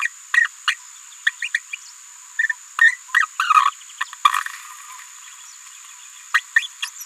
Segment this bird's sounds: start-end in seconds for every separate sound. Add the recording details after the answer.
0.01-0.07, 0.34-0.47, 0.68-0.74, 1.26-1.30, 1.42-1.48, 1.54-1.58, 2.49-2.52, 2.81-2.92, 3.14-3.26, 3.39-3.54, 4.00-4.04, 6.34-6.40, 6.56-6.67. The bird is a female. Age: 27 days. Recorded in a nest box in Venezuela. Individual 17B73B2